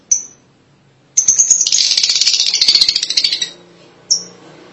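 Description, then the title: Lovebird calls: a single sharp high chirp, a pause, then about two seconds of fast, harsh, rattling chatter, ending with one more clipped high note. "BM Suara Burung Lovebird"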